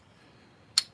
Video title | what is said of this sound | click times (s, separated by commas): Watch us struggle with motor mounts on our 2003 Honda Pilot! | you can see that move and it locks in place. | 0.8 s